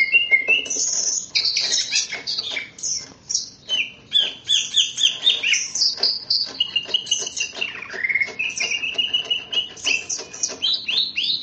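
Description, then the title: Greater green leafbird song, loud continuous medley of high whistles, slurred notes and sharp chips, with quick rhythmic bursts and rising whistled sweeps. "KICAU BURUNG CUCAK IJO"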